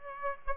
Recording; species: mosquito wingbeat signal from an infrared sensor; Aedes aegypti